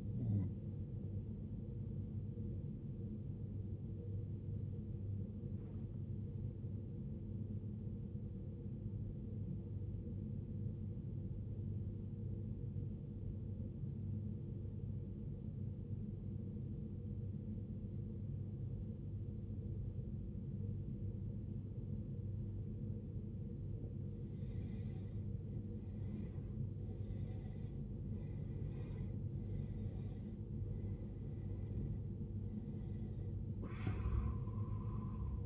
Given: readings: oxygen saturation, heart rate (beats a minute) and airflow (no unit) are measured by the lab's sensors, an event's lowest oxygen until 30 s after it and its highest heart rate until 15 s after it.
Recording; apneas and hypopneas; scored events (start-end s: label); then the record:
breathing in sleep by a smartphone at the bedside; 1
4.00-25.10 s: obstructive apnea (N1, oxygen 95% highest, then 84% lowest, heart rate 58 at the start, 74 highest)
26.00-35.46 s: new sleep stage, N2 (light sleep)
From the record:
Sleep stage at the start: N1 (lightest sleep); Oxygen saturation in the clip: 82 to 95%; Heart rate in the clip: 58 to 74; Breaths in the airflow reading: 5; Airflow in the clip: -15.4 to 17.6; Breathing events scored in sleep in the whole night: 389 in 6.3 hours asleep